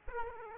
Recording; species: mosquito wingbeat signal from an infrared sensor; Aedes aegypti